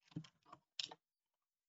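A clip-on outrigger arm is clipped back onto a door frame mounting fixture during a door frame installation. Soft rustling and handling sounds come first, then a sharp click at 0.8 s as the arm seats, followed by silence.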